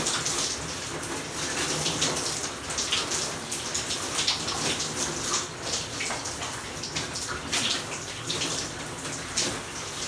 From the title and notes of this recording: ASMR Radio - Quick evening showers. I was listening to the shower water rain down on to my shoulders and I was just about mesmerized .